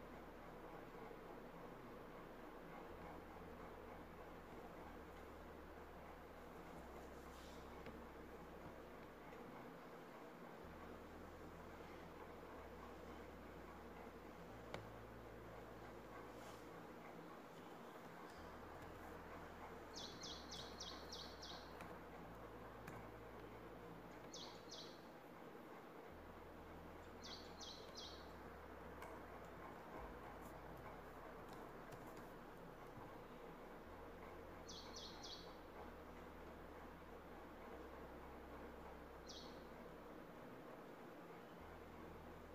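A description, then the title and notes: A cozy home ambience with a steady low hum and soft room noise, while short bright bird chirps repeat every few seconds from about twenty seconds on. Cozy home ambience.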